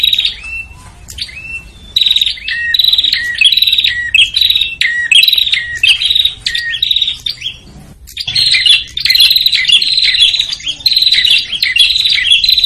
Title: Suara Prenjak Ribut. Pikat Burung Prenjak Kepala Merah Prenjak Tamu